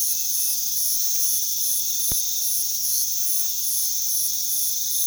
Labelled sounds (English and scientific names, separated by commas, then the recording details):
none
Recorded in pastures near Puerto Asís, Putumayo, Colombia, on 21 February 2024 at 04:00
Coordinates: 0.468, -76.328
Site G6414